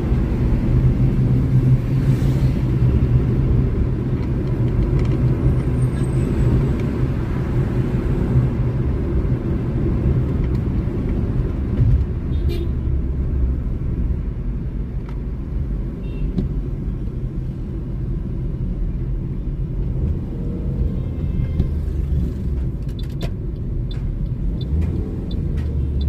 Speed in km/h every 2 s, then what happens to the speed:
98, 87, 92, 89, 79, 62, 41, 37, 34, 37, 39, 31, 34.
0-26 slows to 34.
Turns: none.